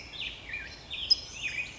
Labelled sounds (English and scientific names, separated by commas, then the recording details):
Black-headed Grosbeak (Pheucticus melanocephalus)
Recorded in Sonoma County, California